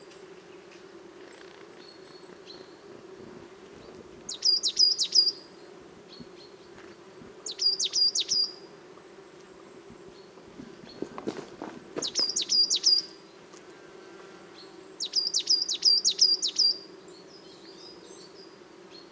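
Birds sing on a sunny morning in short, bright phrases of quick descending notes, repeated about every three to four seconds. Beneath them runs a steady low hum, with a brief burst of rustling noise around eleven seconds.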